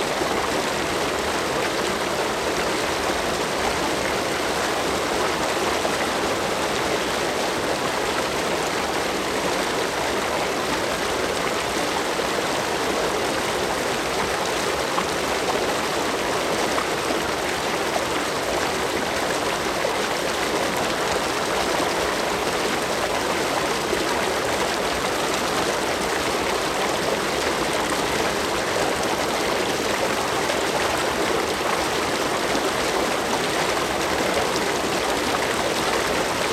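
A waterfall pours steadily for the whole stretch, a dense, even rush with no breaks or distinct splashes. The sound sits mostly in the bright middle and upper range with little low rumble.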